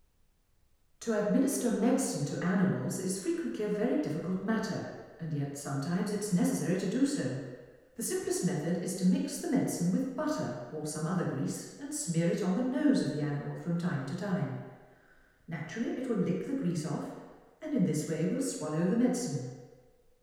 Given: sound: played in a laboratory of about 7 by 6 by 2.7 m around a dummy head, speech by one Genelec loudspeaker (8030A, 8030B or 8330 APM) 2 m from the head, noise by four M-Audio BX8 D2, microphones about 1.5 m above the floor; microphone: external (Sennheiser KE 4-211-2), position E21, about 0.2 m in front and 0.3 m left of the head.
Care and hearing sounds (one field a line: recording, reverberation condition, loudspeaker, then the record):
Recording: female speech in English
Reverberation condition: high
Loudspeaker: behind (180 degrees)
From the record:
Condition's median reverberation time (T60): about 1300 ms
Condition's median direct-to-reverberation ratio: about -4.0 dB